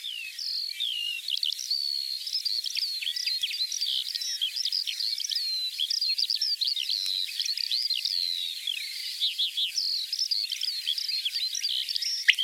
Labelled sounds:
Common Quail song
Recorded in the wild
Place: Merdingen am Kaiserstuhl, Baden-Württemberg, DE
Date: 1980-05-18
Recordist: Schwarz, Dieter

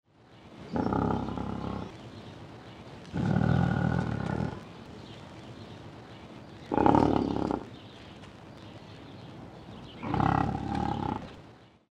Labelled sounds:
European Bison
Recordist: Tembrock, Günter
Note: Dreiviertelwüchsiges Tier: Rufe

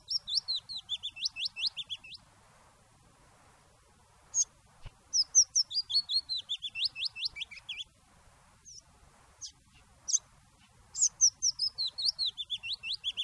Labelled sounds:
Willow Warbler
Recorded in the wild
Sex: male
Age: adult
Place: Garmisch-Partenkirchen, Bayern, DE
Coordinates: 47.4931, 11.0633
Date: 1962-04-21
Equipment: Stellavox SM 5, Original, Vollspur, AKG D19/200, langes Kabel
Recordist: Tretzel, Erwin

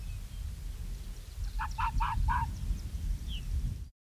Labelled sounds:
Arctic Fox
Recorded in the wild
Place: Insel Mednyi, Kommandeur-Inseln, RU
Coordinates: 54.5167, 168.083
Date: 1999-07-06
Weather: kein Nebel, 5°C, schwacher Wind
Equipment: Sony WM-D6C, Sennheiser MKH 70, Windkorb, Kopie Sony TCD-D8
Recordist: Frommolt, Karl-Heinz
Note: Südosten der Halbinsel, Nähe Weggabelung Robben/Fuchsbau: drei Bellstrophen eines Polarfuchses vom Küstengrat

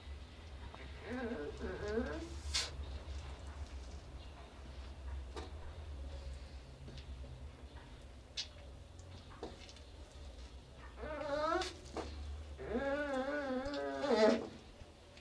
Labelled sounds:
Baikal Seal call
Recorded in captivity
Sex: female
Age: adult
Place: Tierpark Berlin, Berlin, DE
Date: 1966-05-21 19:00
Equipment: Uher 4200 Report Monitor, Sennheiser MD 421, Transistorverstärker 2
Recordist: Tembrock, Günter

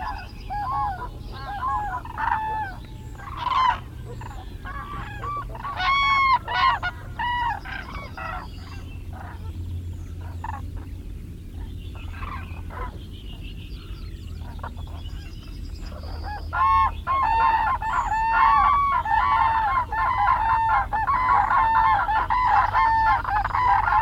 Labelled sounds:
Common Crane call
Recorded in the wild
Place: Trent, Insel Rügen, Mecklenburg-Vorpommern, DE
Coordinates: 54.495, 13.302
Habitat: Forest
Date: 1977-03-27
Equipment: Nagra III BH, Sennheiser MD 21, parabola
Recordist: Schubert, Michael

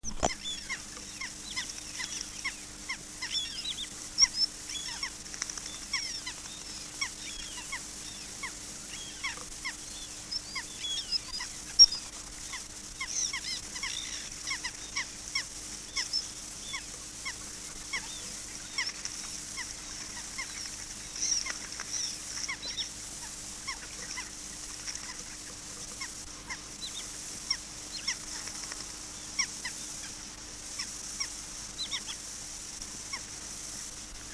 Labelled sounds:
Black-tailed Godwit call
Black Tern
Common Sandpiper
Wood Sandpiper
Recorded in the wild
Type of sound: call
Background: Chlidonias niger, Actitis hypoleucos, Tringa glareola, Larus ridibundus
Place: Bölsdorfer Haken, Altmark, Sachsen-Anhalt, DE
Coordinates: 52.508, 11.964
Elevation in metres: 32
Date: 1963-08-07
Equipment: R 21, Transistorverstärker, Vollspur
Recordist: Lippert, Wolfgang
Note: Gleichzeitig Rufe von: Flußuferläufer, Bruchwasserläufer und Uferschnepfe (Limose)

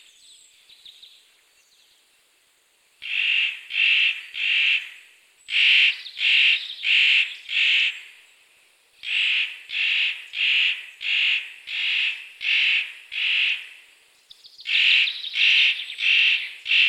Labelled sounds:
Spotted Nutcracker song
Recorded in the wild
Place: Kandel /Schwarzwald; Waldkirch, Baden-Württemberg, DE
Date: 1983-03-12
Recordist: Schwarz, Dieter
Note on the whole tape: Song

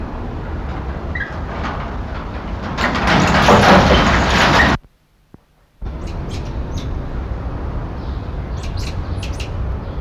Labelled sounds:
Black-capped Squirrel Monkey
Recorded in captivity
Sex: group
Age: adult
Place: Zoo Hannover, Niedersachsen, DE
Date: 1990-10-05 12:40
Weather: heiter, windig; 15°C
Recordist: Tembrock, Günter
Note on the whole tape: Verschiedene Lautformen

